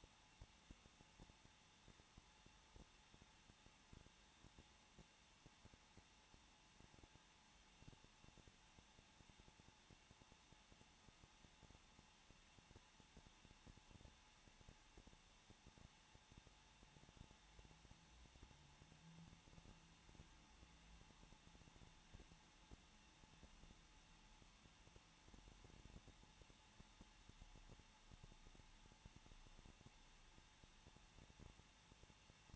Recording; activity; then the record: daily activity, microphone in the room; no activity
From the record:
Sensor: 1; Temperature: 20.1 degrees Celsius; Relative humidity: 39.4%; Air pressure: 1006.4 hPa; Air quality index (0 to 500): 219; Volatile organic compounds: 82 ppm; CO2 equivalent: 3624 ppm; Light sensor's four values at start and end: 1/2/1/1 and 1/2/1/1